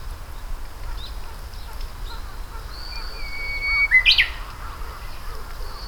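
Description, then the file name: Japanese bush warbler song: a long steady whistle followed by a lower held note that ends in a quick flourish, over faint low rumbling background noise. "uguisu"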